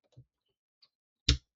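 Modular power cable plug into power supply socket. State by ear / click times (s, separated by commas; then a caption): not seated / none. A modular power cable plug is pushed toward its power supply socket, with a soft low tap near 0.2 s, a faint tick around 0.8 s, and a sharp, loud knock at 1.3 s. The plug is not fully in, and nothing has seated or clicked yet.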